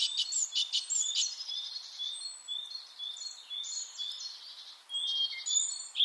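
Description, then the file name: Great tit calling with bright, clipped high notes and chattering phrases, repeated irregularly and fairly rapidly, with a thin hiss of background noise throughout. "Parus major"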